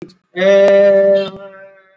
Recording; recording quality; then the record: sustained vowel as in made; excellent, no background noise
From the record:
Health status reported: exposed to COVID-19, no respiratory illness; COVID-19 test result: not tested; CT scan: not taken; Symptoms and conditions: cough, cold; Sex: male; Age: 24 years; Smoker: no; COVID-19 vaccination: both doses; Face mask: worn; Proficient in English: yes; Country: India